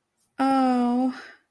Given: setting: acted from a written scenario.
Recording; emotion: vocal sound without words; romantic love